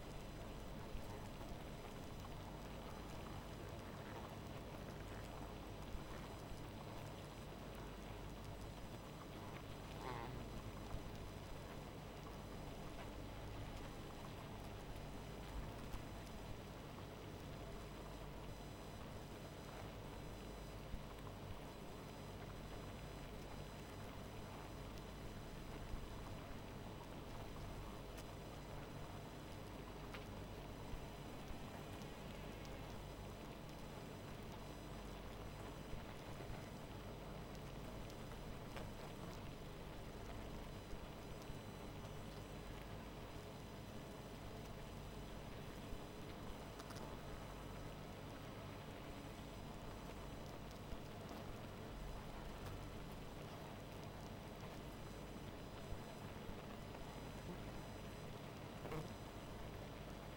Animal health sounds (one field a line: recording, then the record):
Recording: honeybee colony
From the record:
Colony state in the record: missing queen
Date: 14 July 2017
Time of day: 0:33